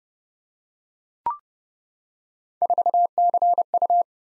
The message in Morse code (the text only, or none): 4CU